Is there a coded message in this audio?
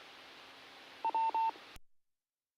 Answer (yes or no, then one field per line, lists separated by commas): no